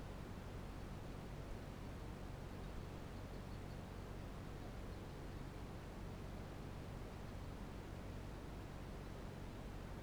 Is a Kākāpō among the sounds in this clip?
no